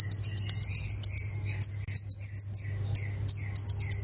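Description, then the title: Prinia song: rapid series of high, clipped notes, about four per second, broken by a thin, level whistled phrase midway, over a steady low hum. "Ciblek Sawah"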